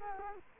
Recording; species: mosquito wingbeat signal from an infrared sensor; Culex quinquefasciatus